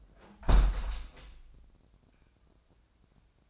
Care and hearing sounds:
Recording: daily activity, microphone in the room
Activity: close window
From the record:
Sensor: 2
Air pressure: 1012.2 hPa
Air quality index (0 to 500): 129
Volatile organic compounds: 1 ppm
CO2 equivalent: 955 ppm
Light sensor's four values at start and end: 175/422/177/186 and 177/427/179/188

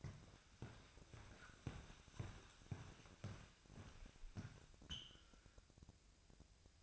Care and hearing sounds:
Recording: daily activity, microphone in the room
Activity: walk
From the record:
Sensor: 2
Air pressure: 1001.6 hPa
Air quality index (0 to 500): 232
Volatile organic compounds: 28 ppm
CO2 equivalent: 2913 ppm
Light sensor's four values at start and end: 9/30/12/11 and 9/30/12/11

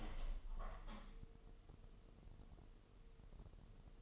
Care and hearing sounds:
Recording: daily activity, microphone in the room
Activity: open window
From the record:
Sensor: 4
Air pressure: 1000.8 hPa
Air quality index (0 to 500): 244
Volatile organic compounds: 41 ppm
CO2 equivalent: 3166 ppm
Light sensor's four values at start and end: 9/20/8/7 and 9/21/8/8

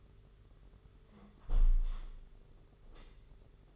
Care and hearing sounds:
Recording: daily activity, microphone in the room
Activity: close window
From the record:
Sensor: 4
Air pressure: 992.1 hPa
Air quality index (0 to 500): 104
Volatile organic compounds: 14 ppm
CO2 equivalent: 2476 ppm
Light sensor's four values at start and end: 23/78/28/30 and 22/77/28/30

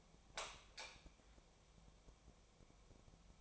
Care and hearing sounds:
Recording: daily activity, microphone in the room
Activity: light off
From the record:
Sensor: 1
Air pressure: 1000.0 hPa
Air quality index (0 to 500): 130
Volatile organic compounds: 2 ppm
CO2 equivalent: 1226 ppm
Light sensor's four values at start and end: 37/99/41/49 and 34/86/36/44

